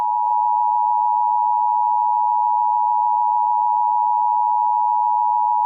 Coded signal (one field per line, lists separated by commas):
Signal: Emergency Alert System (SAME) tones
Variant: 853 and 960 Hz attention tone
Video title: EAS Scenario #11: Lost Boy II